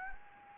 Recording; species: mosquito wingbeat signal from an infrared sensor; Anopheles gambiae